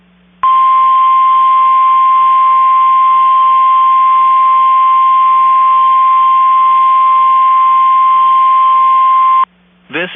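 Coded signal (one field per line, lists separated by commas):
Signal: Emergency Alert System (SAME) tones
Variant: 1050 Hz attention tone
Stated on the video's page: NOAA Weather Radio KHB36 Manassas Required Weekly Test, received through a WebSDR.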